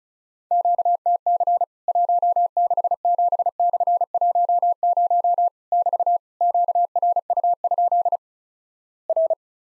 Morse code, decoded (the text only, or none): QTC 167/10 <BT> QRU? R